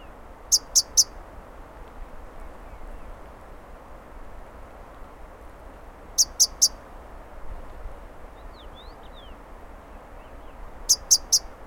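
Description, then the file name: Himalayan beautiful rosefinch calling in short bursts of three crisp, high clicks, repeated roughly every five seconds against a steady low background hiss. "rosefinch-himalayan-beautiful -Carpodacus-pulcherrimus"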